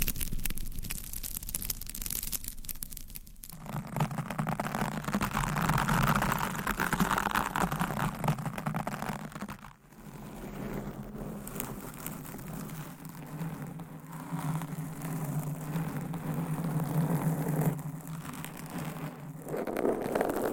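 Nails scratch across mic covers in a dense, continuous rasping rumble, with a brief drop near ten seconds and shifting texture throughout.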